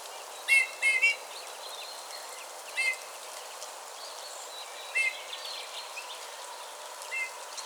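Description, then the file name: Eurasian bullfinch: short piping notes, three in a quick cluster at first, then spaced a few seconds apart, with background bird chatter. "Pyrrhula pyrrhula"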